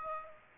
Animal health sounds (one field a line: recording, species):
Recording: mosquito wingbeat signal from an infrared sensor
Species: Aedes aegypti